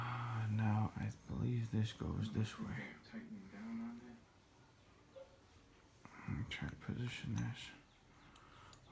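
A homemade replacement part is oriented and lined up on the chassis of a Losi 8ight RTR nitro RC buggy before being pushed home. Someone talks while only faint handling noises are heard, including a couple of small taps around 6.1 s and 6.7 s. Nothing has seated or clicked yet.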